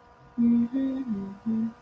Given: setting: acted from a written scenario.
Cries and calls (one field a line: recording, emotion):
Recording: vocal sound without words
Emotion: distress